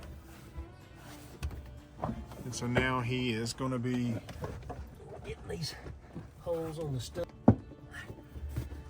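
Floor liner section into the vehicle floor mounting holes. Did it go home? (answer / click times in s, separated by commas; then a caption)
yes / 7.5 s. A section of an Armorlite replacement floor liner is pushed into the floor mounting holes of a 2012 Jeep Wrangler JKU while someone talks. A sharp click at 7.5 seconds marks the liner piece snapping into place, and it is seated.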